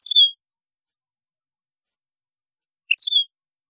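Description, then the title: European goldfinch song: two short bright phrases, each a quick chirp flourish ending in a drawn-out slurred note. "Chant Chardonneret"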